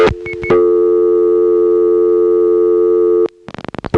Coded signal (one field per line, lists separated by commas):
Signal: telephone call progress tone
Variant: North America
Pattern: dial tone